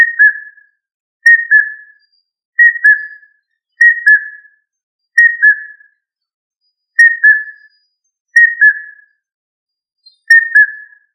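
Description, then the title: Rail call, a pure whistle stepping down to a lower tone, given eight times at mostly steady intervals with silence between. "Familia Rallidae"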